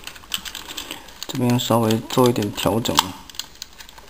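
Someone adjusts the plastic truck-cab section of a DA-28 Striker Optimus Prime robot toy before clipping it into the toy body. Light plastic taps and clicks from the handling sound over low background noise, and someone talks in the middle of the clip. The cab has not yet seated or clicked into place.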